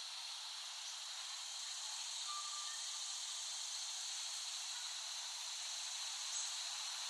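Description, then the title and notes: Cicadas buzzing in a steady, unbroken high hiss that holds the same level throughout, with a brief faint tone partway through. Cicadas recorded in West Brighton, Staten Island, late summer 2008. "Recording of cicadas made by Dan Bodah in West Brighton, Staten Island, late summer 2008."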